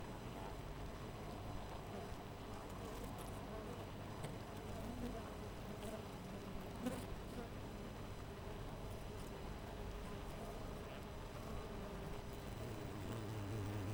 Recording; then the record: honeybee colony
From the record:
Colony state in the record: missing queen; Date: 14 July 2017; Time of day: 4:52